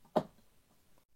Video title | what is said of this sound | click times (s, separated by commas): Creality K1C : la découverte! | ok ça se clipse pas j'ai pas entendu de clic mais ça vient se rentrer en force mais ça tient vraiment bien | none